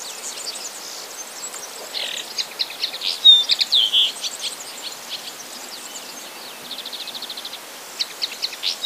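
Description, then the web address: Common linnet song, fairly faint: scattered twittering notes, a short burst of louder chirps, then a rapid dry trill and a few closing notes. "wroblowe kolekcja makolagwa"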